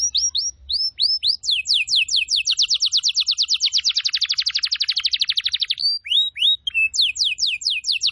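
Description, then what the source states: Canary song: a few high down-slurred notes, then a long, very fast rolling trill of repeated syllables, ending in slower swooping whistles. Canary song recording used as a lure to attract birds.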